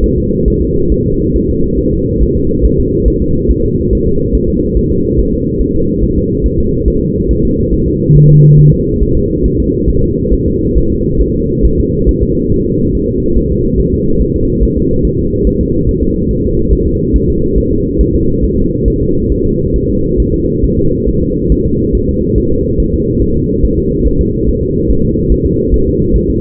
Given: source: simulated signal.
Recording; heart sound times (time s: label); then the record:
fetal heart sounds
0.04 s: S1
0.18 s: S2
0.48 s: S1
0.62 s: S2
0.92 s: S1
1.06 s: S2
1.36 s: S1
1.50 s: S2
1.79 s: S1
1.94 s: S2
2.23 s: S1
2.37 s: S2
2.65 s: S1
2.80 s: S2
3.08 s: S1
3.22 s: S2
3.51 s: S1
3.65 s: S2
3.93 s: S1
4.07 s: S2
4.35 s: S1
4.49 s: S2
4.77 s: S1
4.92 s: S2
5.19 s: S1
5.34 s: S2
5.61 s: S1
5.76 s: S2
6.04 s: S1
6.18 s: S2
6.46 s: S1
6.60 s: S2
6.88 s: S1
7.02 s: S2
7.31 s: S1
7.45 s: S2
7.74 s: S1
7.88 s: S2
8.16 s: S1
8.31 s: S2
8.60 s: S1
8.74 s: S2
9.03 s: S1
9.17 s: S2
9.46 s: S1
9.60 s: S2
9.90 s: S1
10.04 s: S2
10.34 s: S1
10.48 s: S2
10.78 s: S1
10.92 s: S2
11.22 s: S1
11.36 s: S2
11.65 s: S1
11.80 s: S2
12.09 s: S1
12.23 s: S2
12.52 s: S1
12.66 s: S2
12.95 s: S1
13.09 s: S2
13.38 s: S1
13.52 s: S2
13.80 s: S1
13.94 s: S2
14.22 s: S1
14.36 s: S2
14.63 s: S1
14.78 s: S2
15.05 s: S1
15.19 s: S2
15.47 s: S1
15.61 s: S2
15.89 s: S1
16.03 s: S2
16.31 s: S1
16.45 s: S2
16.73 s: S1
16.88 s: S2
17.16 s: S1
17.30 s: S2
17.58 s: S1
17.73 s: S2
18.01 s: S1
18.15 s: S2
18.44 s: S1
18.59 s: S2
18.88 s: S1
19.02 s: S2
19.32 s: S1
19.46 s: S2
19.76 s: S1
19.90 s: S2
20.20 s: S1
20.34 s: S2
20.64 s: S1
20.79 s: S2
21.08 s: S1
21.23 s: S2
21.52 s: S1
21.66 s: S2
21.95 s: S1
22.09 s: S2
22.38 s: S1
22.52 s: S2
22.80 s: S1
22.94 s: S2
23.22 s: S1
23.36 s: S2
23.64 s: S1
23.79 s: S2
24.07 s: S1
24.21 s: S2
24.49 s: S1
24.63 s: S2
24.91 s: S1
25.05 s: S2
25.32 s: S1
25.46 s: S2
25.74 s: S1
25.88 s: S2
26.16 s: S1
26.30 s: S2
From the record:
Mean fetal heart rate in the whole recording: 140 bpm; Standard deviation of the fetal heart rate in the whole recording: 2 bpm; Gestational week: 34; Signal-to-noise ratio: -15.3 dB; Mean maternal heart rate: 72 bpm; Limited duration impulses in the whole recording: present